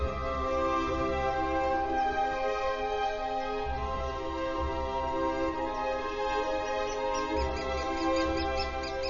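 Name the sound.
common swift calls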